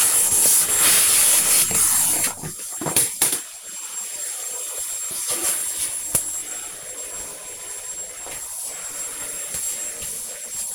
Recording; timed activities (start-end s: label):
household activities, microphone on the right wrist
0.00-10.75 s: vacuum cleaning